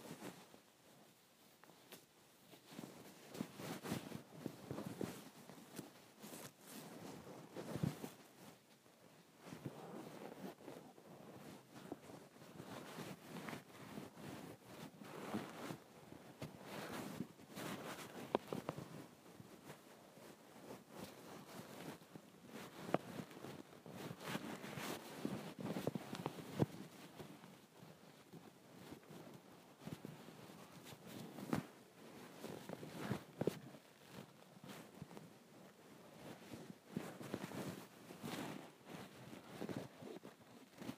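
A thick comforter is folded and tossed, giving a steady run of soft, rushing fabric swishes and rustles. Louder flaps come in uneven bursts every second or two across the whole stretch, with no quiet pauses between them.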